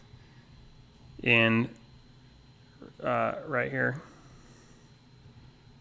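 Someone talks while a small plastic LEGO hot dog piece is handled over an empty stud slot on a chef's workstation, ready to be pressed in. The part has not seated or clicked into the slot yet.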